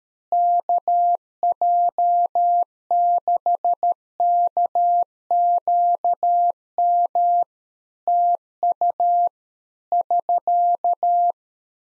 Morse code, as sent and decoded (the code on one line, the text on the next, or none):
-.- .--- -.... -.- --.- -- / - ..- / ...-.-
KJ6KQM TU <SK>